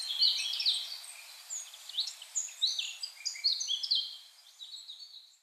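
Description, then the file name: Common blackbird calling in a busy stream of sharp, clipped chirps that cluster in bursts and thin out toward the end, with faint background hiss throughout. "Turdus merula"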